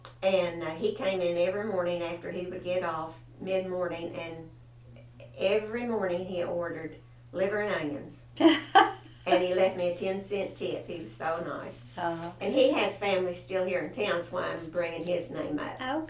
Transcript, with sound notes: and he came in every morning after he would get off, midmorning and every morning he ordered liver and onions. (Laughter) And he left me a ten cent tip. He was so nice.
Ah.
And he has family still here in town, that's why I'm bringing his name up.